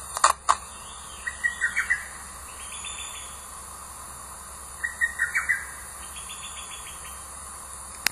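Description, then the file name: Lesser cuckoo calling, two quick staccato phrases of five or six sharp notes a few seconds apart, each followed by fainter higher echoing notes; a few clicks at the start and end. Recorded 27 June 2019. "ホトトギス 遠藤"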